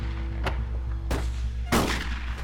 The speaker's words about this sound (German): Früher oder später musste ich mich um diese Gewehre kümmern. Ich ignorierte sie so gut ich konnte. Doch die Schüsse hörten nicht auf. Die beiden verschossen so viel Munition wie eine ganze Kompanie.